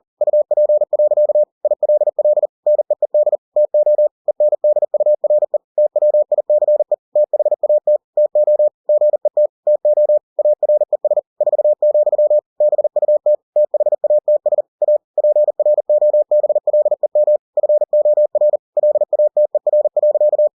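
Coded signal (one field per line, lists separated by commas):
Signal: Morse code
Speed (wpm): 40 wpm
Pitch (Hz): 600 Hz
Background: none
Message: UP. ILL NEED TO ENDURE TWICE THAT TO GET TO ARES 4, BUT THATS A PROBLEM FOR LATER.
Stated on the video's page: Book text converted to Morse by software at 40 WPM for head-copy practice.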